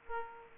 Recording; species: mosquito wingbeat signal from an infrared sensor; Aedes aegypti